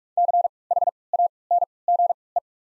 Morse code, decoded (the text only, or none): CHANGE